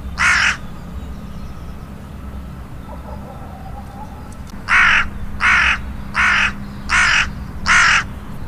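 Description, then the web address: Hooded crow with one rasping caw, a pause of about four seconds, then a run of five harsh caws in quick, even succession. "agykontroll Madardalok Cd 2. Dolmányos varjú"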